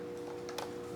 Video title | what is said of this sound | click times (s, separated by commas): DRACO Instrument Panel Installation. The Best Cheap Upgrade. #draco | I snap it in on this side here. | 0.5 s, 0.6 s